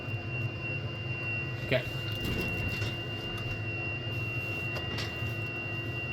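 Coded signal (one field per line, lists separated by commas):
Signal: FT8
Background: speech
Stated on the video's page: FT8 on 60m from an Icom IC-756 Pro.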